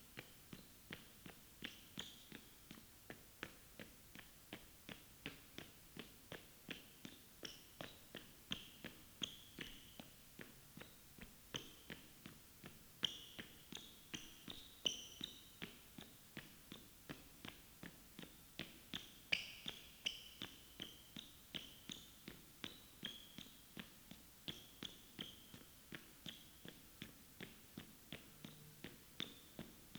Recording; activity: daily activity, guitar pickup as the sensor; run